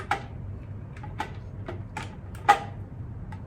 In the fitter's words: dah bunyi klik ya sampai